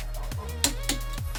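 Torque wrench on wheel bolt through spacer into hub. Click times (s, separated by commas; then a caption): 0.6 s, 0.9 s. A torque wrench tightens a wheel bolt through a 12mm wheel spacer into the hub, with the bolts done in a cross pattern. Sharp clicks sound at 0.6 s and 0.9 s, with a fainter tick near 1.2 s, over a steady tonal background. The wrench clicks at its setting, confirming the bolt has reached torque.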